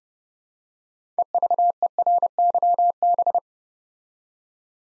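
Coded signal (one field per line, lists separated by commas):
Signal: Morse code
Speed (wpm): 28 wpm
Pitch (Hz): 700 Hz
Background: none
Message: EVERYB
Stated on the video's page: Morse practice drill building 9-letter words three letters at a time at 30 wpm, for instant character recognition.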